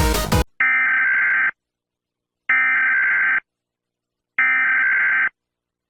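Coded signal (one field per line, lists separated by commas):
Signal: Emergency Alert System (SAME) tones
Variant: header bursts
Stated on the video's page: Fictional EAS tones in a Stranger Things–themed simulated scenario.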